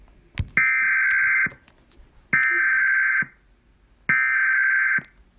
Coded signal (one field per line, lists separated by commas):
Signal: Emergency Alert System (SAME) tones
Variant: header bursts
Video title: EAS RMT Mock